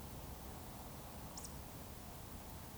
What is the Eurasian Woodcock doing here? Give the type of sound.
whistle